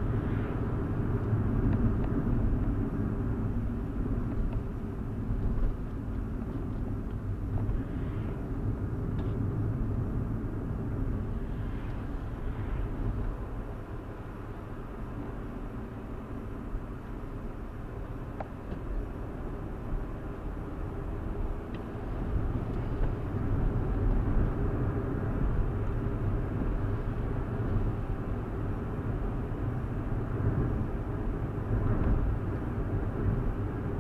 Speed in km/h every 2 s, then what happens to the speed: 69, 60, 55, 52, 50, 52, 61, 63, 58, 60, 68, 74, 77, 76, 76, 77, 77.
0-9 slows to 50. 9-12 speeds up to 61. 12-19 steady at about 60. 19-23 speeds up to 77. 23-34 steady at about 77.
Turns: none.